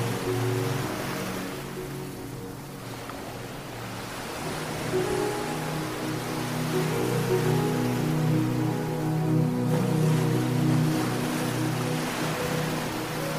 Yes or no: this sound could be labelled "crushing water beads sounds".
no